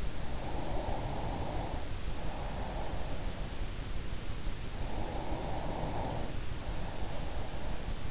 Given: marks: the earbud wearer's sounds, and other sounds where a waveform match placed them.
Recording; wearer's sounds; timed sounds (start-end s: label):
sounds in sleep by an in-ear microphone; breath
0.03-3.76 s: breath
4.68-8.11 s: breath